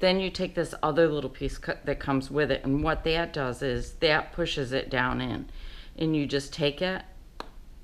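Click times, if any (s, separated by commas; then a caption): 7.4 s. Someone talks while assembling a fabric-covered button kit, using the pusher tool to press the back piece down into the metal button shell. A short, sharp snap is heard at 7.4 s as the back seats into the shell and is snapped down in.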